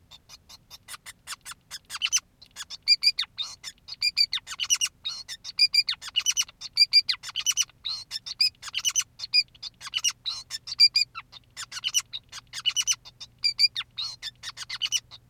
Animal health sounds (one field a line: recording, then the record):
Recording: song of a male Bengalese finch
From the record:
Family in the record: son of father 2, and himself father 5